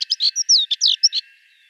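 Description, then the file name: Sardinian warbler song: one brief phrase of about eight quick notes, scratchy buzzes mixed with short clear whistles, lasting a little over a second. "Fauvette melanocephale"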